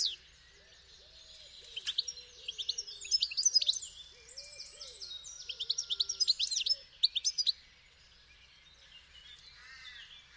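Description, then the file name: European goldfinch song, a bright jumbled twitter of quick chirps and trills in the middle seconds, with soft low whistled notes beneath it. "Carduelis carduelis"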